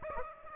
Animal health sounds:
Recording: mosquito wingbeat signal from an infrared sensor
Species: Aedes aegypti

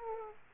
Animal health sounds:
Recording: mosquito wingbeat signal from an infrared sensor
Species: Aedes aegypti

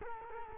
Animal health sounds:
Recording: mosquito wingbeat signal from an infrared sensor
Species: Culex quinquefasciatus

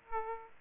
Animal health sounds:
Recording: mosquito wingbeat signal from an infrared sensor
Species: Aedes aegypti

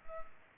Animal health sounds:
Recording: mosquito wingbeat signal from an infrared sensor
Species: Culex pipiens

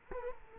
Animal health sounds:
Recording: mosquito wingbeat signal from an infrared sensor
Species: Culex quinquefasciatus

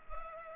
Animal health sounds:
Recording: mosquito wingbeat signal from an infrared sensor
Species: Culex pipiens

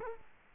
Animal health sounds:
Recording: mosquito wingbeat signal from an infrared sensor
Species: Culex quinquefasciatus

